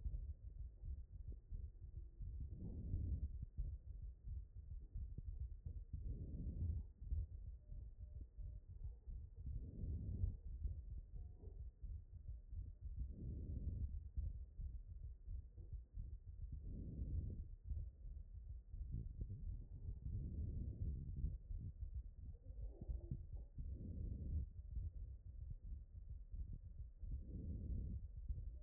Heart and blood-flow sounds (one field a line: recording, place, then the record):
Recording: heart sounds by stethoscope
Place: aortic valve (AV)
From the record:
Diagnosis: HFrEF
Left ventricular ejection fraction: 34%